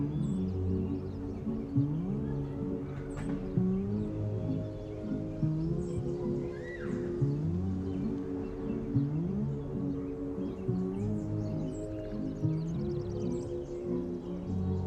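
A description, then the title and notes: Oldies music plays in another room, heard as a muffled, steady stream of low and middle tones with the treble mostly gone. Melodic phrases rise and repeat every couple of seconds at an even volume, with a few faint high ticks scattered throughout. Summer oldies playing in another room. You have your window open the birds are singing the cars passing.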